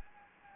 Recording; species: mosquito wingbeat signal from an infrared sensor; Anopheles gambiae